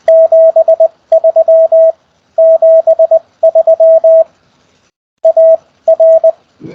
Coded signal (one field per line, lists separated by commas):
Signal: Morse code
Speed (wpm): 20 wpm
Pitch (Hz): 660 Hz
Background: radio noise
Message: 7373 AR